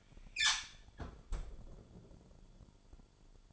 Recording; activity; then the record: daily activity, microphone in the room; close fridge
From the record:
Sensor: 5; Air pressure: 1007.9 hPa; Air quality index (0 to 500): 93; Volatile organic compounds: 1 ppm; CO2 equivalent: 732 ppm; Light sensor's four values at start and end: 42/95/40/41 and 39/89/37/38